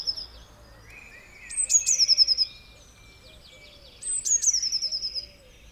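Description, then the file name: Eurasian blue tit with two phrases, each a high thin note followed by a rapid trill of falling notes, the second a few seconds after the first. "Cyanistes caeruleus"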